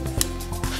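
The forward/reverse direction switch on a 45-in-1 rechargeable 4.8V cordless screwdriver (model S023) is slid into its center lock position, giving a sharp click at 0.2 s over a steady tonal hum, followed by a softer, longer sound at 0.6 s. The switch seats in the lock position, and the trigger button is now locked.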